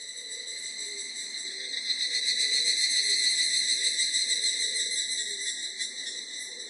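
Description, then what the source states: Evening cicada song, a continuous shimmering high-pitched ring that swells in the middle and eases off toward the end, with faint low notes beneath. Recorded on 24 July 1999.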